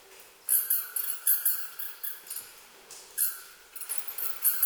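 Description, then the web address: Bat pulses in irregular bursts of rapid clicks and chirps, pausing between groups, over faint hiss. Recorded at Shobara, Japan, on 12 July 2017. "koe kokikugashirai 170712 shobara kaji"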